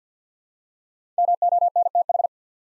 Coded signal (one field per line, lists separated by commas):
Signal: Morse code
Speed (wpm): 48 wpm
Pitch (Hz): 700 Hz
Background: none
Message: MONTH